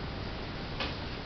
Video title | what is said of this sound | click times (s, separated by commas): Keeping yourself safe | it's got a class at the back which you just click into place but the trouble is that | 0.8 s